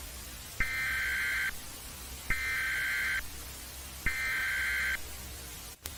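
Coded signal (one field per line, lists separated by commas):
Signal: Emergency Alert System (SAME) tones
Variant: header bursts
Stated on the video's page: Fictional EAS scenario of a US earthquake alert; tones may be valid.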